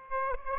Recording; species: mosquito wingbeat signal from an infrared sensor; Aedes aegypti